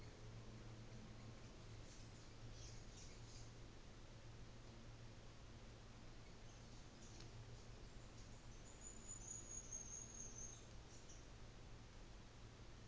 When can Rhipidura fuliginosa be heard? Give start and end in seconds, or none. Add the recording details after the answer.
1.58-3.60, 6.11-7.48, 7.92-11.32. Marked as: faintness 3/5, faintness 4/5, faintness 2/5. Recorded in New Zealand on 24 December 2018. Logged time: 14:00